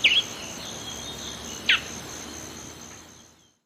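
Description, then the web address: Black-billed Seed-Finch giving two quick, sharp high call notes about one and a half seconds apart, with insects humming steadily behind. Ecuador. "Natures Songs S America Birds of Ecuador. Black-Billed Seed-Finch"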